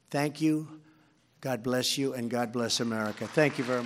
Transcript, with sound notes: Thank you, God bless you, and God bless America. (Applause.) Thank you very much.